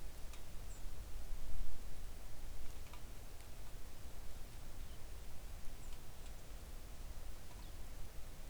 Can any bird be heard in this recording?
yes